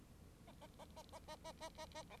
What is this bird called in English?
Bengalese Finch